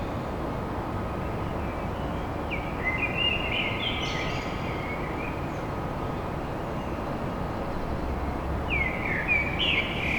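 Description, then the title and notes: Common blackbird song, two fluted phrases breaking through heavy traffic rumble and a constant low hum. Recorded at dawn in Paris. "Blackbird Poetry At Paris On. Enregistrement d'un chant de merle à l'aube dans Paris"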